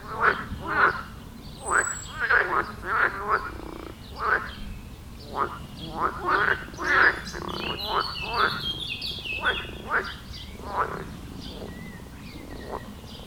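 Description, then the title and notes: Frog chorus of many rattling, quacking croaks in irregular rapid bursts, with a short high bird trill midway and scattered chirps. Frog concert at the village pond in Wohlsborn, Germany; recorded with a TASCAM DR-40X. "Wohlsborn, Deutschland - Froschkonzert. Frog concert. Froschkonzert am Dorfteich in Wohlsborn. Aufgenommen mit TASCAM DR-40X"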